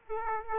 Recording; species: mosquito wingbeat signal from an infrared sensor; Aedes aegypti